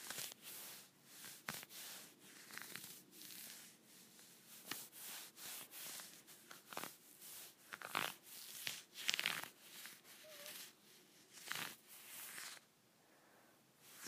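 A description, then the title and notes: Scratchy rubbing of leggings fabric in uneven bursts, with sharp swishes around 1.5, 8, 9 and 11.5 seconds, then quieter near the end. ASMR Scratchy Leggings.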